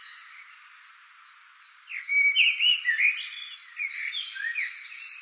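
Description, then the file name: Common blackbird song after a quiet start: a burst of fluty whistled notes sliding up and down, ending in thin squeaky twittering. "Turdus merula"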